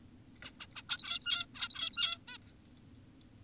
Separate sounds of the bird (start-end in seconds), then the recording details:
0.45-0.51, 0.60-0.67, 0.76-0.82, 0.90-1.46, 1.55-2.18, 2.28-2.38. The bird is an adult. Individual g17y2U